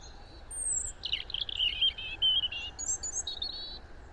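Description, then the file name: European robin song: high thin whistles, a rapid rattling twitter at middle pitch, then sweet high piping notes ending in a short warble, over soft hiss. "Erithacus rubecula"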